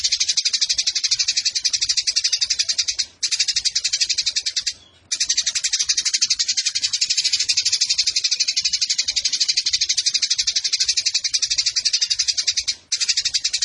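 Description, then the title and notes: Eurasian tree sparrow chattering rapidly and shrilly, an even stream of clipped notes interrupted by three brief pauses. Fighting-style sparrow with long 'nembak panjang' shooting chatter and clear voice, used as a tutor recording for birds entered in song competitions. "GEREJA TARUNG NEMBAK PANJANG SUARA JERNIH MASTERAN WAJIB BURUNG LOMBA. Burung Gereja"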